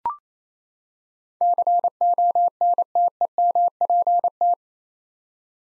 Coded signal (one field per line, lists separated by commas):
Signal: Morse code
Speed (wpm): 28 wpm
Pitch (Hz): 700 Hz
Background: none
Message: CONTEMPT